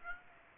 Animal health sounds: mosquito wingbeat signal from an infrared sensor; Aedes aegypti

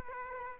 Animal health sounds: mosquito wingbeat signal from an infrared sensor; Aedes aegypti

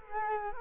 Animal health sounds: mosquito wingbeat signal from an infrared sensor; Culex quinquefasciatus

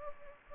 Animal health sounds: mosquito wingbeat signal from an infrared sensor; Anopheles gambiae

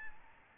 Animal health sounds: mosquito wingbeat signal from an infrared sensor; Aedes albopictus

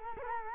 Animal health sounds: mosquito wingbeat signal from an infrared sensor; Culex quinquefasciatus

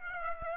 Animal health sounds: mosquito wingbeat signal from an infrared sensor; Aedes aegypti

